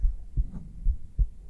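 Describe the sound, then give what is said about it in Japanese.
Muffled, low thumping heartbeat heard through bare skin, recorded with a 3Dio microphone, with paired lub-dub pulses repeating at a steady, fairly quick rhythm, soft and deep with a faint hum underneath and no voices. “心音も聞いてみたいな。”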